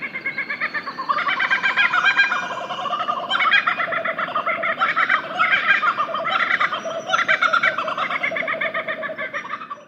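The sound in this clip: Laughing kookaburra laugh call: a continuous raucous cackling chatter of rolling, hooting notes throughout.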